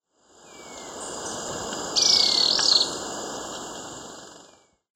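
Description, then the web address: Ecuadorian tyrannulet giving a brief, very high, chattering burst lasting under a second, with thin falling whistles and a constant high insect drone. "Birds of Ecuador. Ecuadorian Tyrannulet"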